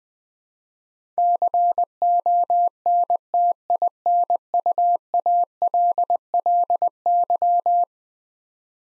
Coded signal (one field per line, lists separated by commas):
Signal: Morse code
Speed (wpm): 20 wpm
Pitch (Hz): 700 Hz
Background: none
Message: CONTINUALLY